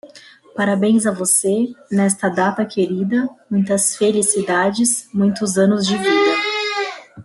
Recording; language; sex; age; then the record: short text; Brazilian Portuguese; female; 30 to 39 years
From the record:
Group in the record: control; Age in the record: 30 years